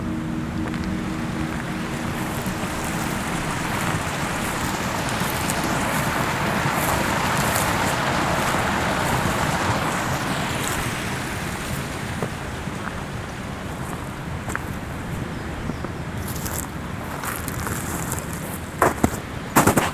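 A small stream flows in its bed beside a track-like trail, with a steady, unbroken rushing wash of water, holding an even level throughout, with a few brief knocks near the end and no voices.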